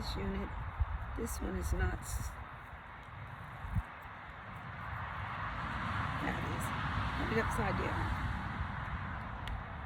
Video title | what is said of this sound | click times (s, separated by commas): FINISHED!!! 21 DAY CHALLENGE!! | see that just snapped right in there | 9.5 s